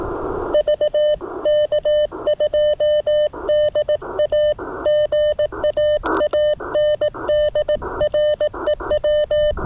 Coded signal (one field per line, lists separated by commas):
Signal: Morse code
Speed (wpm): 18 wpm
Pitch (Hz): 600 Hz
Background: music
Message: VK2DA GA ANDREW